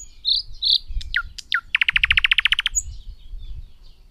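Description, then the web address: Thrush nightingale song: two bright whistled notes, falling sweeps, then a loud rapid rattle of repeated knocking notes. "agykontroll Madardalok Cd 2. Nagy fülemüle"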